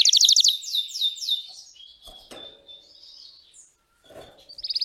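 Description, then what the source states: Canary song: a quick trill and a few slurred notes, then quieter fragments with soft clicks and knocks, ending in another fast trill. Singing Belgian canary, red frosted colour variety.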